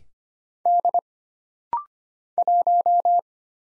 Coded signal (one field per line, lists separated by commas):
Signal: Morse code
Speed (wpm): 25 wpm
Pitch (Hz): 700 Hz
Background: none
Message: D 1